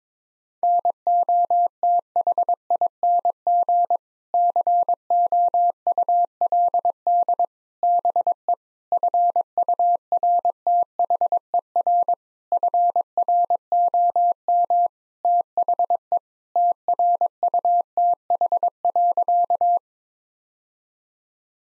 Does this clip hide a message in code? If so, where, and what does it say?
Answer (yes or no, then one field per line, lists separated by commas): yes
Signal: Morse code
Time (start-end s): 0.6-19.8 s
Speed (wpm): 22 wpm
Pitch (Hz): 700 Hz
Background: none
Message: NOTHING COULD BE FURTHER FROM THE TRUTH.